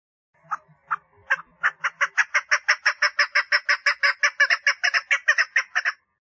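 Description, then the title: Partridge starting with a few separated notes and low soft sounds, then breaking into a rapid, regular series of grating calls that stops abruptly. "Perdiz Cantando"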